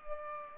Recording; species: mosquito wingbeat signal from an infrared sensor; Culex pipiens